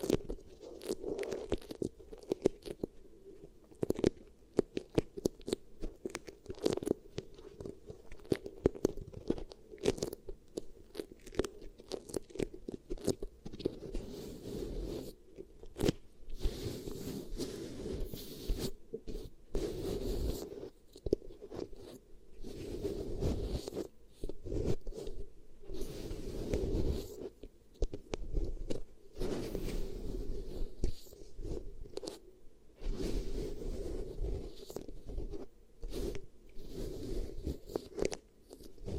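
Beeswax ear triggers: a dense, unbroken run of crackling, sticky crunches and quick snaps for the whole stretch. The pressing and squishing keep a steady low murmur underneath, while sharper bright crackles burst through every second or so, busiest around the middle.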